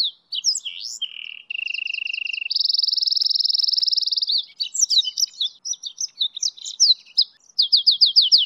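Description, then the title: Goldfinch × canary hybrid song, high varied twittering with fast trills, a long steady buzzy rattle, then rapid repeated downslurred notes. "hibrid goldfinch x kenari"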